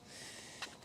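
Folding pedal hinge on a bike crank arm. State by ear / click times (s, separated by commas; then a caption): seated / 0.6 s. A folding pedal on the crank arm of a Zip N' Fold electric folding bike is flipped out over a steady hiss. It clicks into its open position with a faint, short snap at 0.6 s.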